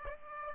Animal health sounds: mosquito wingbeat signal from an infrared sensor; Aedes aegypti

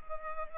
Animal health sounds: mosquito wingbeat signal from an infrared sensor; Culex pipiens

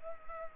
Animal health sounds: mosquito wingbeat signal from an infrared sensor; Culex pipiens

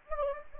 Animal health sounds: mosquito wingbeat signal from an infrared sensor; Anopheles gambiae

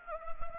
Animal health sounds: mosquito wingbeat signal from an infrared sensor; Anopheles gambiae

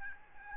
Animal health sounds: mosquito wingbeat signal from an infrared sensor; Aedes albopictus

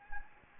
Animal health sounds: mosquito wingbeat signal from an infrared sensor; Anopheles gambiae

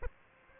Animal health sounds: mosquito wingbeat signal from an infrared sensor; Aedes aegypti

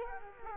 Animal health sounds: mosquito wingbeat signal from an infrared sensor; Culex quinquefasciatus

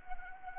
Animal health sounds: mosquito wingbeat signal from an infrared sensor; Anopheles arabiensis

